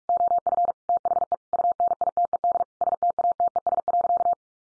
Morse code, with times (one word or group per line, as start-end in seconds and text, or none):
0.1-0.7 OF
0.9-1.3 THE
1.5-2.6 UNITED
2.8-4.3 STATES.